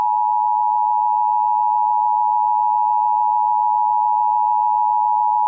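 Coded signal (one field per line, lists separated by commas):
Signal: Emergency Alert System (SAME) tones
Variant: 853 and 960 Hz attention tone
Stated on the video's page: AMBER child abduction alert, statewide in Missouri.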